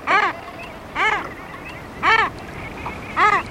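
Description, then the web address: Common murre calls: four loud, arched, harmonic cries, each about a quarter second long, given roughly once a second over steady background noise. "Birdnote. Common Murre Fathers Take Over"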